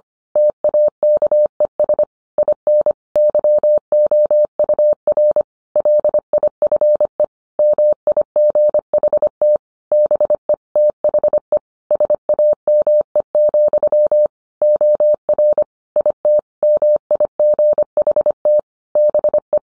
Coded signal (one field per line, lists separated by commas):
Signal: Morse code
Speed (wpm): 25 wpm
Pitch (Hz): 600 Hz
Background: none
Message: TAKES IN YOUR LIFE MIGHT BE THE SAME, OR IT MIGHT BE